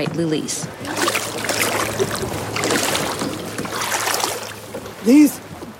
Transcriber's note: soundbite of water sloshing